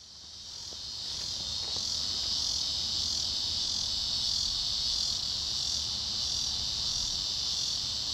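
Tibicen marginalis buzzing in a loud, sustained, high electric drone that swells in at the start and holds steady throughout.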